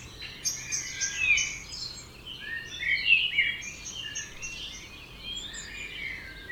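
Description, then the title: Birds: dense bird chorus with many overlapping twittering and whistled phrases from several birds, continuous throughout. Dawn chorus at 4am in Oberhofen, Inntal valley, Austria; binaural recording, best heard with headphones. "Birds Oberhofen Inntal Austria - 4am - binaural version"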